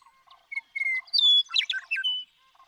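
Western meadowlark song of clear sliding whistles rising into a rapid, liquid, gurgling jumble.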